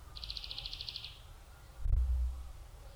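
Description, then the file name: European greenfinch trilling call, a fast run of about a dozen even notes lasting roughly one second, followed by a low thump and rumble. "Chloris chloris"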